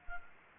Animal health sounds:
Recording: mosquito wingbeat signal from an infrared sensor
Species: Anopheles gambiae

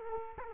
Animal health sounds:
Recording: mosquito wingbeat signal from an infrared sensor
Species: Culex quinquefasciatus

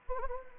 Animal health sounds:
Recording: mosquito wingbeat signal from an infrared sensor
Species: Anopheles gambiae

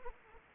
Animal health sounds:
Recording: mosquito wingbeat signal from an infrared sensor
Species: Anopheles arabiensis

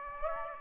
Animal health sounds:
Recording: mosquito wingbeat signal from an infrared sensor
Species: Aedes aegypti

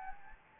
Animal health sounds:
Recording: mosquito wingbeat signal from an infrared sensor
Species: Anopheles gambiae

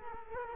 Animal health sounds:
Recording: mosquito wingbeat signal from an infrared sensor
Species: Culex quinquefasciatus

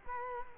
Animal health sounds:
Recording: mosquito wingbeat signal from an infrared sensor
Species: Culex quinquefasciatus

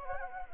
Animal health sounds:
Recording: mosquito wingbeat signal from an infrared sensor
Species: Anopheles gambiae

